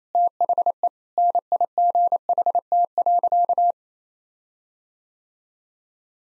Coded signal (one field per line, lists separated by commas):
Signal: Morse code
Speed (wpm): 28 wpm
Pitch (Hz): 700 Hz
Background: none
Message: THE NIGHT.